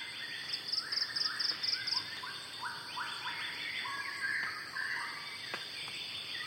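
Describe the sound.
Shama song: a rapid run of six bright buzzy bursts, then varied whistled and slurred notes at mid pitch, over a steady high insect drone.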